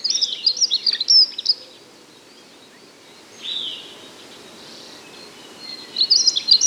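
Dunnock song: a rapid high jangling phrase at the start, a single downslurred note midway, then another quick warble beginning at the end.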